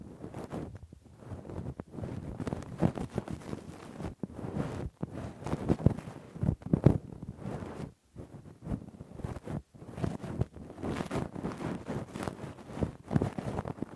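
Rough, deep ear cleaning with a Q-tip and ear pick makes dense, scratchy rubbing and crackling that runs almost without pause. The scraping comes in irregular bursts of varying strength, with brief silent gaps near 1, 4, 8 and 9.5 seconds.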